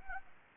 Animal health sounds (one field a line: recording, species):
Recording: mosquito wingbeat signal from an infrared sensor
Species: Anopheles arabiensis